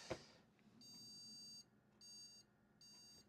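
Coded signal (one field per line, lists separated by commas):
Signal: beep code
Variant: ASUS motherboard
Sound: a click, then a long high beep followed by two shorter beeps, the last cut off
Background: quiet room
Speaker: Exactly the same beep code.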